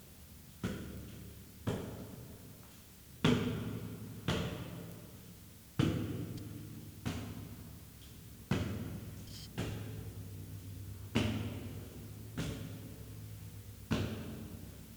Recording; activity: daily activity, guitar pickup as the sensor; go upstairs